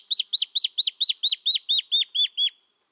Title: LuckyPassaro Completos2Sama. Black-faced Antbird (Myrmoborus myotherinus ochrolaemus (ssp assumed from location))